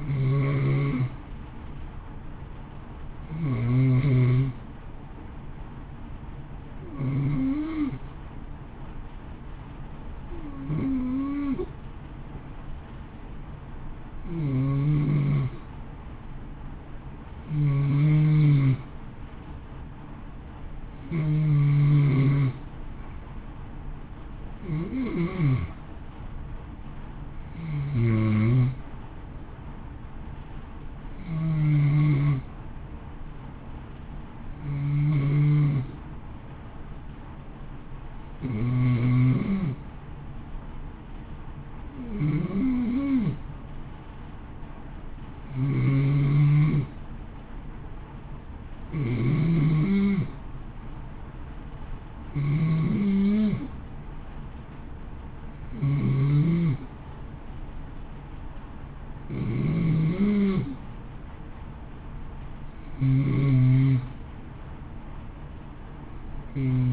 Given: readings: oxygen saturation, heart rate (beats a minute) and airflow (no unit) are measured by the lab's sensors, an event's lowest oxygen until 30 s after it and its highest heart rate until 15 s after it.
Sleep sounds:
breathing in sleep by a smartphone at the bedside; none
29.00-66.93 s: new sleep stage, N2 (light sleep)
From the record:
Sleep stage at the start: N1 (lightest sleep); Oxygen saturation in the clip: 88 to 91%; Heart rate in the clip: 55 to 60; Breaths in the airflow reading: 23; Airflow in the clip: -0.8 to 0.9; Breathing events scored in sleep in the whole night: 328 in 6.3 hours asleep

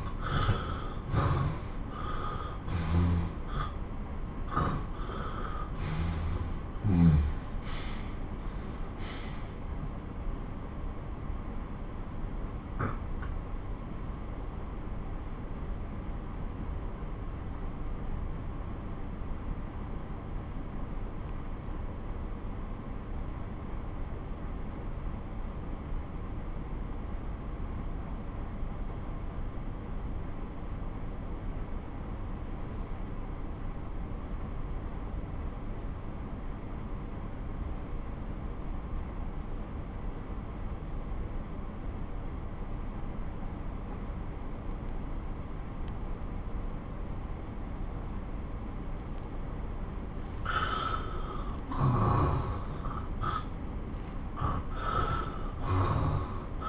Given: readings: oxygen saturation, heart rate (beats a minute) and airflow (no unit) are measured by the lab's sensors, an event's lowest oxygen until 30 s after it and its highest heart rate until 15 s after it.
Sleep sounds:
breathing in sleep by a smartphone at the bedside; 1
8.00-50.40 s: obstructive apnea (N1, oxygen 96% highest, then 91% lowest)
26.00-56.69 s: new sleep stage, N2 (light sleep)
From the record:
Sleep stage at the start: N1 (lightest sleep); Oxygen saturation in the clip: 86 to 96%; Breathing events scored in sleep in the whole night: 217 in 6.3 hours asleep

